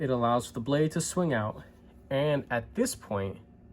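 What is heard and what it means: Someone talks while handling a prototype butterfly-style folding knife with bearings, whose lobe lets the blade swing out toward its handle lock. Only speech is heard, with no distinct mechanical sound. The blade has not yet locked into place, and nothing has clicked by the end of the clip.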